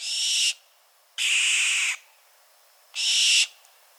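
Bird giving harsh, hissing screeches, three broad noisy bursts of about half a second to a second each, separated by quiet pauses.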